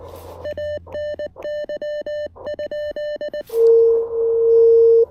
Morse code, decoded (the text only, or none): ANY?